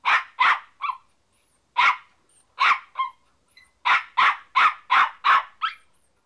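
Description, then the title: Dog giving loud, sharp barks in an irregular series, some in pairs, with a fast run of barks near the end. "NHK Sound Effects Collection - 3-Frogs, Crickets, Cicadas, Horses, Dogs"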